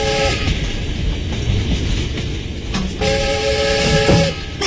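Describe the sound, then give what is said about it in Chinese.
A train travelling from Shanghai to Shaanxi rumbles steadily along the rails with a dense, rattling roar, while a brief tonal whine sounds at the start and again near the end. No one speaks. “6月17日，在上海开往陕西的火车包厢里，坐着衣冠楚楚、风度优雅的香港大老板。”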